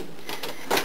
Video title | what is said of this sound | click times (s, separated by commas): EPSON Stylus Pro 4880 | and you'll hear it lock into place | 0.4 s